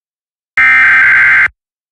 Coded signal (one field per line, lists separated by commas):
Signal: Emergency Alert System (SAME) tones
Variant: header bursts